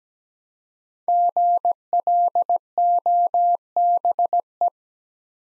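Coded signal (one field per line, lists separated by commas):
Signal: Morse code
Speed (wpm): 17 wpm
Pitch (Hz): 700 Hz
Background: none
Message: GLOBE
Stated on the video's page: Morse practice at 17 wpm building 5-letter words one letter at a time.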